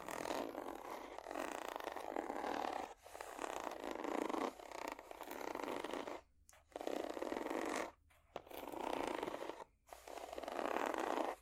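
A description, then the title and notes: Scratching across a ridged surface comes in long, dense rasping strokes, a rapid gritty texture mostly in the middle and upper range. Strokes run about two seconds each, separated by brief silent gaps near 3, 6.3, 8 and 9.8 seconds. ASMR Scratching Ridges For Tingles （No Talking）.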